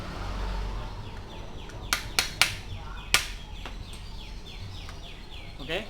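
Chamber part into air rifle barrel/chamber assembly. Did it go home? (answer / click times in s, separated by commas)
no / none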